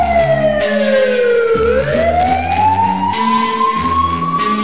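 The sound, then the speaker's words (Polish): A loud police car siren wails in a slow sweep, falling in pitch and then climbing back up and holding high, with rhythmic low bass tones pulsing underneath and no voices. “Usłyszysz syrenę, już wiesz, to rządzi miasto.”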